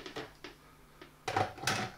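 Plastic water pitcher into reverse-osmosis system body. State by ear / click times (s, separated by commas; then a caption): seated / 1.3 s. A plastic water pitcher is pushed into its seat on an Aquaphor DWM-312S Pro portable reverse-osmosis unit. A few light knocks and scrapes are followed by a sharp click at 1.3 s and further plastic clatter. The pitcher seats and holds in place, and it can be released with a button.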